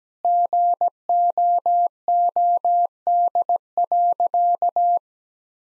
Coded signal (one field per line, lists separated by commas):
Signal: Morse code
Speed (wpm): 17 wpm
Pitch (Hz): 700 Hz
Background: none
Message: GOOD.